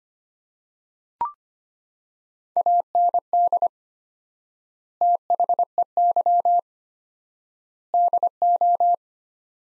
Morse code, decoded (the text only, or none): AND THEY DO